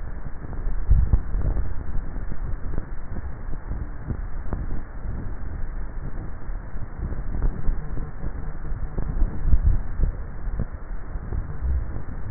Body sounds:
swallowing sounds by neck microphone; 2
0.78-1.58 s: swallow
9.45-10.22 s: swallow
From the record:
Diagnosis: dysphagia

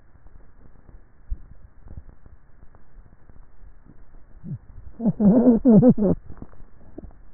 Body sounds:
swallowing sounds by neck microphone; 1
1.38-2.15 s: swallow
From the record:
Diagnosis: dysphagia

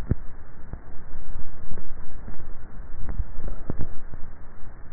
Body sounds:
swallowing sounds by neck microphone; 1
2.75-3.48 s: swallow
From the record:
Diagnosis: dysphagia

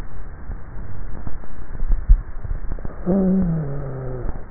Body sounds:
swallowing sounds by neck microphone; 1
1.75-3.08 s: swallow
From the record:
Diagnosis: dysphagia

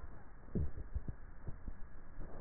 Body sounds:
swallowing sounds by neck microphone; 1
0.58-1.71 s: swallow
From the record:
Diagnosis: dysphagia

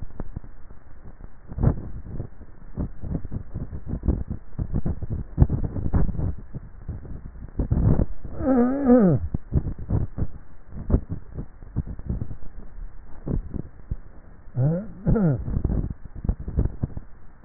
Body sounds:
swallowing sounds by neck microphone; 2
1.85-2.68 s: swallow
13.45-14.12 s: swallow
From the record:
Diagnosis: dysphagia

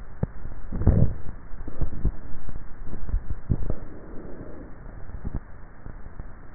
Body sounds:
swallowing sounds by neck microphone; 2
0.58-1.65 s: swallow
2.92-3.68 s: swallow
From the record:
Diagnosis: dysphagia

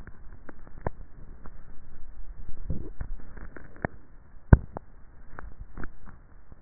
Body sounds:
swallowing sounds by neck microphone; 2
2.35-3.42 s: swallow
5.45-6.18 s: swallow
From the record:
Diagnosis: dysphagia

